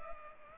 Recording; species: mosquito wingbeat signal from an infrared sensor; Culex pipiens